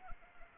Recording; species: mosquito wingbeat signal from an infrared sensor; Anopheles arabiensis